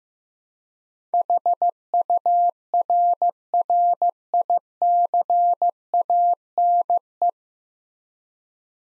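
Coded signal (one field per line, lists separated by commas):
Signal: Morse code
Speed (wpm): 15 wpm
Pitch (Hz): 700 Hz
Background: none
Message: HURRICANE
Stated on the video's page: Morse practice at 15 wpm: nine-letter words, each sent, then spoken, then sent again.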